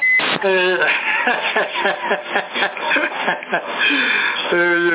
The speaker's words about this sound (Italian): Senti, quello col bip a me mi piace. Adesso li tolgo il bip, aspetta.